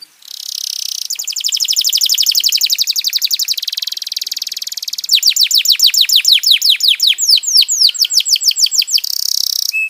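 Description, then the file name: Domestic canary holding a long buzzy rolling trill, then shifting to loud evenly spaced sweeping notes before a final buzzy phrase. "kenari"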